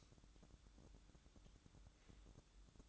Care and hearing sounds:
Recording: daily activity, microphone in the room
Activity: light on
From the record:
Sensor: 3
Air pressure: 1007.8 hPa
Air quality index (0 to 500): 88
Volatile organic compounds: 1 ppm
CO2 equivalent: 744 ppm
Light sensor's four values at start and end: 11/27/11/11 and 17/46/19/18

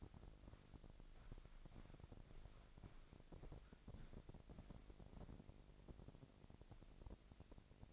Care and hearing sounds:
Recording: daily activity, microphone in the room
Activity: walk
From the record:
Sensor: 5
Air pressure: 1001.7 hPa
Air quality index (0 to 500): 183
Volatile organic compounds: 12 ppm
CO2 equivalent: 2349 ppm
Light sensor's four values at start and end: 32/104/40/42 and 32/104/40/42

